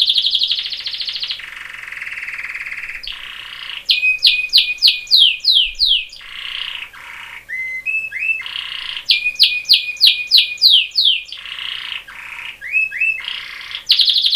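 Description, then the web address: Bird singing a complex repeated phrase: harsh buzzy notes, then a quick run of sharp sweeping whistles and short rising slurs, the whole pattern heard twice. "Birds Lucianosong"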